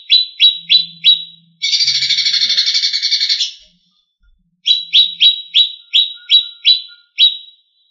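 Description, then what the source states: Greater green leafbird song: quick descending chips, interrupted by a dense buzzy rattle lasting about two seconds, then more chips after a silence. Small-leaf ('daun kecil') type.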